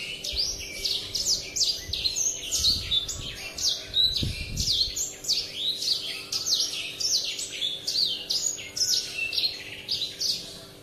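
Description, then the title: Oriental magpie-robin in full song, rapid rich whistled phrases repeated in quick succession, some notes swooping downward, with faint low thumps partway through. "Kicau Kacer"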